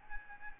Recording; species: mosquito wingbeat signal from an infrared sensor; Aedes albopictus